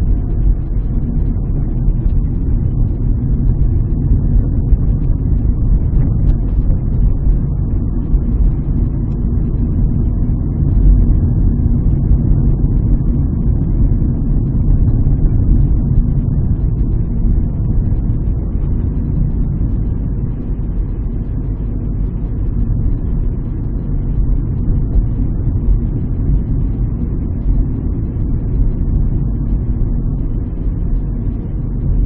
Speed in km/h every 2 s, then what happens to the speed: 37, 40, 43, 45, 46, 46, 45, 44, 42, 41, 39, 40, 41, 41, 40, 39.
0-8 speeds up to 46. 8-32 steady at about 41.